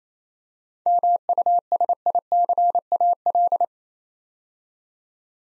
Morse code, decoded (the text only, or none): MUSICAL